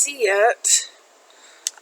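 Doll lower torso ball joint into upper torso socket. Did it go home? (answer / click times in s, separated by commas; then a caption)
yes / 1.7 s. Someone talks while the lower torso ball joint of a Loongsoul 58cm Bloom resin ball-jointed doll body is moved during posing, seating its internal ball into the upper torso socket's detent. A sharp click is heard at 1.7 s, followed by a faint tick just after, and the joint is seated in place. The little ball inside helps lock poses.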